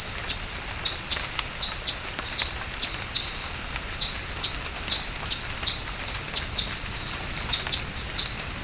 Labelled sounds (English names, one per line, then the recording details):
none
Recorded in dense forest near Puerto Asís, Putumayo, Colombia, on 24 March 2025 at 18:30
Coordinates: 0.500, -76.322
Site GP06